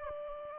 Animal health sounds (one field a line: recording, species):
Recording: mosquito wingbeat signal from an infrared sensor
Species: Aedes aegypti